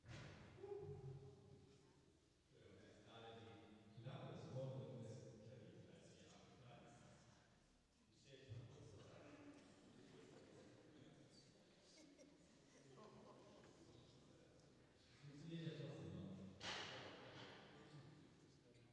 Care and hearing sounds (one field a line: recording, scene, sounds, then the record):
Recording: everyday scene through a hearing-aid microphone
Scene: reverberant space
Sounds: speech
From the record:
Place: church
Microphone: in the ear canal, left